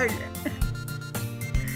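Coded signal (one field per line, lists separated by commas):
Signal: none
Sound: game music notes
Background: speech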